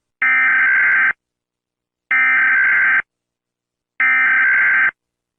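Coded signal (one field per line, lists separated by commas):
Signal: Emergency Alert System (SAME) tones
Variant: header bursts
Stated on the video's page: Homemade fake EAS alert.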